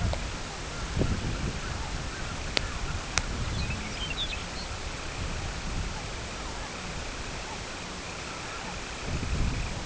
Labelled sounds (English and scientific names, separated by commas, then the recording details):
unidentified sound, Semipalmated Sandpiper (Calidris pusilla), Lapland Longspur (Calcarius lapponicus)
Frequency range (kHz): Semipalmated Sandpiper (Calidris pusilla) 1.9-3.2 kHz; Lapland Longspur (Calcarius lapponicus) 2.1-6.2 kHz
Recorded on Arctic tundra, site CORI-1, on 12 June 2018
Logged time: 08:00